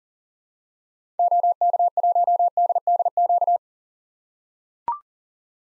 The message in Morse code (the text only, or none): OK1DDQ